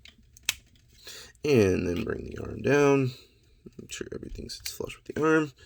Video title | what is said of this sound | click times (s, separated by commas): Transformers Studio Series 86: Scourge review Watch till the end. | make sure it clicks in, | 0.5 s